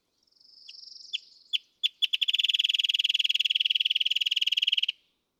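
Wrentit song: a few sharp, separate notes that speed up into a long, even, rapid trill lasting about two and a half seconds.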